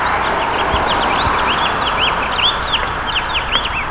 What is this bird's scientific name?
Haemorhous mexicanus